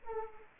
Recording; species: mosquito wingbeat signal from an infrared sensor; Anopheles arabiensis